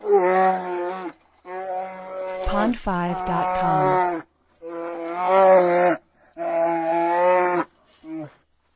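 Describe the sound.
Bear gives moaning, mooing roars, several sustained calls with a rough, broken stretch midway and a short final grunt.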